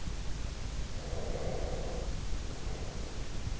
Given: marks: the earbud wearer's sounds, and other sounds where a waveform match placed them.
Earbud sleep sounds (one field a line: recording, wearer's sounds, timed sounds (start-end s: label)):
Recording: sounds in sleep by an in-ear microphone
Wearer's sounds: breath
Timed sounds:
1.10-3.51 s: breath